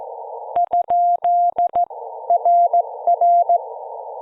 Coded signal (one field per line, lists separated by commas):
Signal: Morse code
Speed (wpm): 14 wpm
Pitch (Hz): 700 Hz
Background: none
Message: ? RR